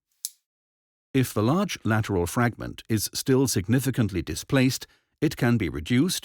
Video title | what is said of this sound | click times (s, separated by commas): AOTrauma Tibia, Distal—Pilon Fracture type 43 C23 | final tightening is done manually with the torque limiting screwdriver to prevent any over tightening or jamming of the screw an audible click indicates that the limit of the torque has been reached | 0.2 s